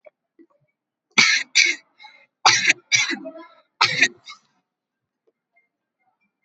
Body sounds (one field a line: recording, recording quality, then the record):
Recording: heavy voluntary cough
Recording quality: excellent, no background noise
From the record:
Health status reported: COVID-19 positive, mild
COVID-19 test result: positive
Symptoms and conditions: cold, fever, muscle pain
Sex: female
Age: 19 years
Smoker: no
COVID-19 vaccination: one dose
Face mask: not worn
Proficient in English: yes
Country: India